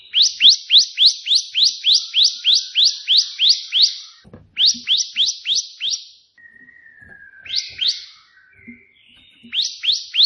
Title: Prenjak 3 VARIASI TEMBAKAN prenjak putih ini COCOK untuk masteran prenjak anda